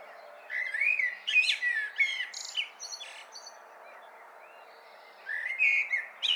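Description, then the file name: Common blackbird singing a varied phrase of liquid, rising whistles and high scratchy notes, a quiet gap, then another warbled phrase. "Turdus merula"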